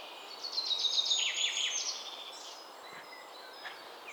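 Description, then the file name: Common chaffinch song: a fast run of bright notes lasting under two seconds, with soft calls of other birds behind a steady hiss. "Fringilla coelebs"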